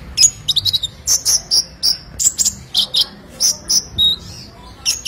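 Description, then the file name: Sunbird song: rapid, thin, high-pitched chirps and ticks, delivered in irregular bursts across the whole stretch. "Kolibri Lebah"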